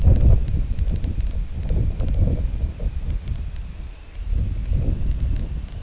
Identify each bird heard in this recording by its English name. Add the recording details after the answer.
none. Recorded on Arctic tundra, site IGLO-D, on 19 June 2018. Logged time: 22:00